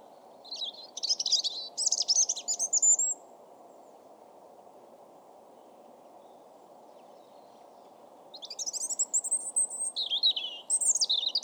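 European robin song: two bursts of high, twittering, varied phrases with trills and thin whistles, separated by about five seconds of quiet, over a low steady hum.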